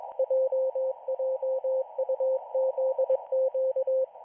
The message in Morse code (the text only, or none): JJUZQ